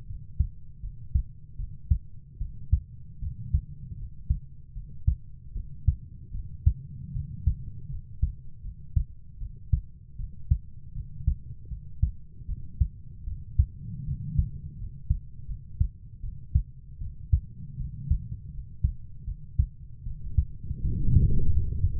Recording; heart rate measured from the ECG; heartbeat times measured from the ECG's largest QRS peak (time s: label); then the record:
heart sounds by stethoscope; 78 bpm
0.07 s: heartbeat
0.82 s: heartbeat
1.57 s: heartbeat
2.39 s: heartbeat
3.21 s: heartbeat
3.97 s: heartbeat
4.74 s: heartbeat
5.54 s: heartbeat
6.33 s: heartbeat
7.13 s: heartbeat
7.90 s: heartbeat
8.63 s: heartbeat
9.39 s: heartbeat
10.17 s: heartbeat
10.94 s: heartbeat
11.69 s: heartbeat
12.47 s: heartbeat
13.25 s: heartbeat
14.05 s: heartbeat
14.77 s: heartbeat
15.47 s: heartbeat
16.22 s: heartbeat
17.00 s: heartbeat
17.78 s: heartbeat
18.52 s: heartbeat
19.26 s: heartbeat
20.05 s: heartbeat
20.83 s: heartbeat
21.51 s: heartbeat
From the record:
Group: healthy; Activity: cold pressor test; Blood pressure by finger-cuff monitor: 103/55 mmHg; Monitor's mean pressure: 73 mmHg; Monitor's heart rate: 78 bpm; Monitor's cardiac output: 7.7 L/min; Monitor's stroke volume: 98 mL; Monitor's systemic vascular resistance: 690 dyn s/cm5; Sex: female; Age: 22 years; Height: 160 cm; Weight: 63 kg